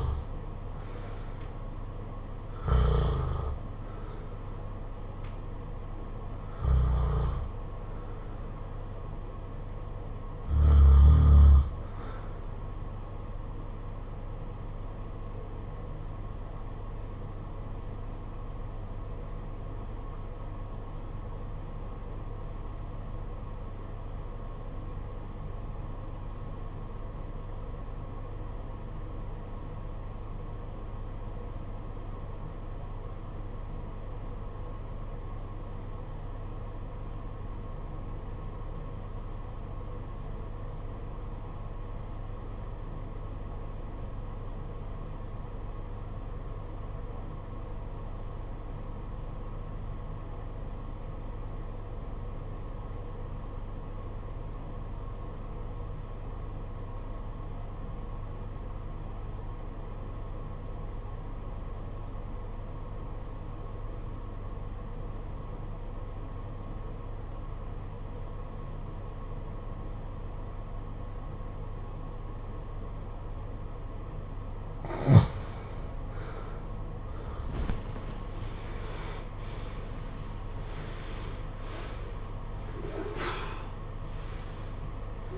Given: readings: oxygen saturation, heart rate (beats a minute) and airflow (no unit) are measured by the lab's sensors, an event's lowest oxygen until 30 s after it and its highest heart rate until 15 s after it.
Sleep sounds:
breathing in sleep by a smartphone at the bedside; 1
14.00-76.20 s: obstructive apnea (REM, oxygen 95% highest, then 70% lowest, heart rate 50 at the start, 92 highest)
From the record:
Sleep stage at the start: REM sleep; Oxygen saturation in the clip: 73 to 95%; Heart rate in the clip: 47 to 92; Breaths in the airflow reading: 9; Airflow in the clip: -15.1 to 18.3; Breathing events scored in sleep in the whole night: 476 in 9.7 hours asleep

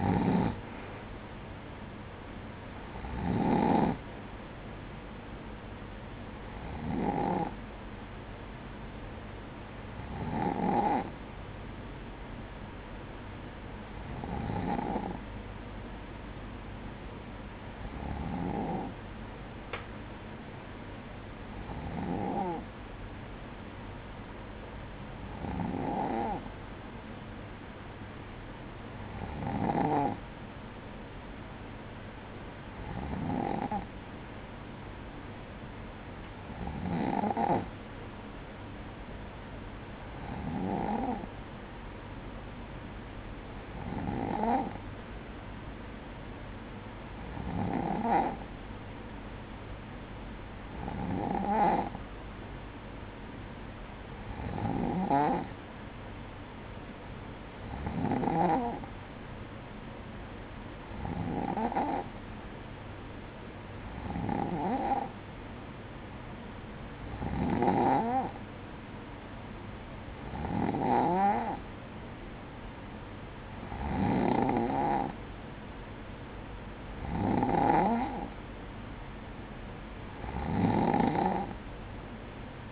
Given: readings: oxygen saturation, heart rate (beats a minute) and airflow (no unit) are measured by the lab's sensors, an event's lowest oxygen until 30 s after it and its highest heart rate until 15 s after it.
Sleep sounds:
breathing in sleep by a voice recorder at the bedside; 1
18.00-73.60 s: hypopnea (N2, oxygen 96% highest, then 94% lowest, heart rate 57 at the start, 59 highest)
From the record:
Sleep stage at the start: N2 (light sleep); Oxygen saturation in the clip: 94 to 96%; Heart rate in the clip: 55 to 59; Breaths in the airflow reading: 24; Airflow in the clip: -8.7 to 6.9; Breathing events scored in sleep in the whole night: 180 in 6.7 hours asleep

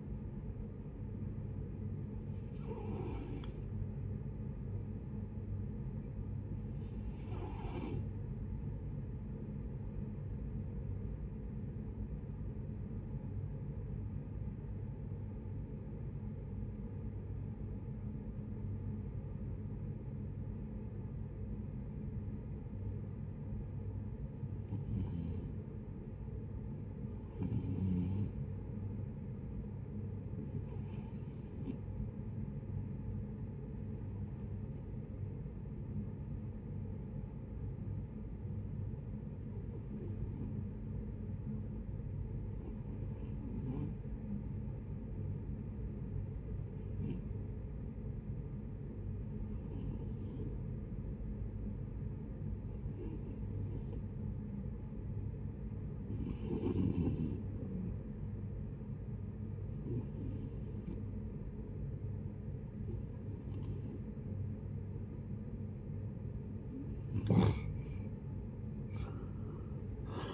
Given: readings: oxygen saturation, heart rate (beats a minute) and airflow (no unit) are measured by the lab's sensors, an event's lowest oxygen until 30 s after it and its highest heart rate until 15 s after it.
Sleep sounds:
breathing in sleep by a smartphone at the bedside; 2
8.00-70.34 s: new sleep stage, REM sleep
13.00-26.60 s: obstructive apnea (REM, oxygen 94% highest, then 76% lowest)
38.00-64.80 s: hypopnea (REM, oxygen 80% highest, then 71% lowest)
From the record:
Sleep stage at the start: N1 (lightest sleep); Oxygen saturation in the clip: 72 to 94%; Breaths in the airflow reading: 16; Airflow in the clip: -12.3 to 7.2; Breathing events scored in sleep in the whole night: 496 in 5.4 hours asleep

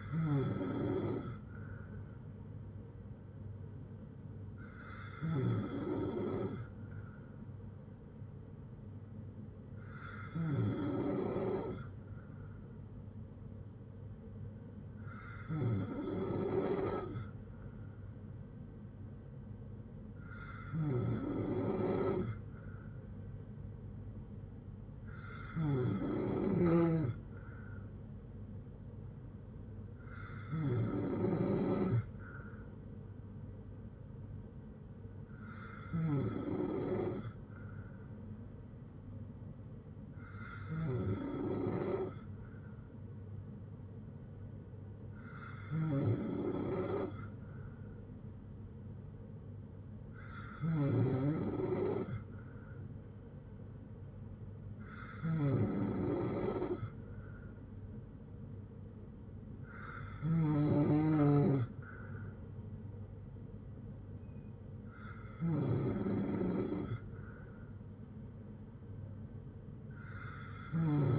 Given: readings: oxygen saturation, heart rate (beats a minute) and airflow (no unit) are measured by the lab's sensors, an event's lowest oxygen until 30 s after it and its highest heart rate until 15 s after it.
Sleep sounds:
breathing in sleep by a smartphone at the bedside; none
none scored
From the record:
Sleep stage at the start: N3 (deep sleep); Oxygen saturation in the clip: 93 to 95%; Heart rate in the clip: 57 to 68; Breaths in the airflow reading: 14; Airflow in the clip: -5.5 to 4.3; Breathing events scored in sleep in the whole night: 182 in 7.4 hours asleep

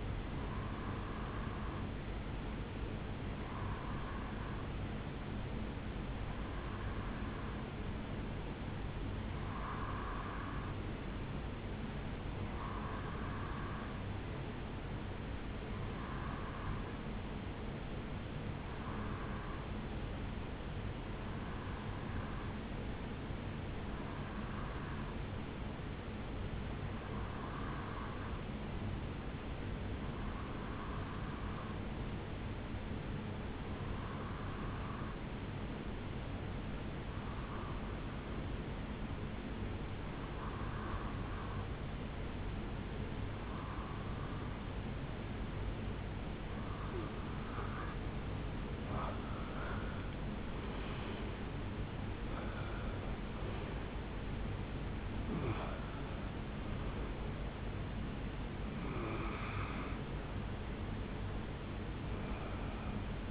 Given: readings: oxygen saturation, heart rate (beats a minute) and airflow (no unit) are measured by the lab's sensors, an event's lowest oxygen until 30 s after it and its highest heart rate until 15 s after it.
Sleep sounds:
breathing in sleep by a voice recorder at the bedside; 1
34.00-53.10 s: hypopnea (REM, oxygen 88% highest, then 86% lowest, heart rate 74 at the start, 84 highest)
61.00-63.31 s: new sleep stage, N1 (lightest sleep)
From the record:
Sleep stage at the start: REM sleep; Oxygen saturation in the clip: 87 to 89%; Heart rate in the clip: 69 to 84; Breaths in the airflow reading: 19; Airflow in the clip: -13.4 to 8.1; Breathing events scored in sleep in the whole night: 449 in 7.0 hours asleep

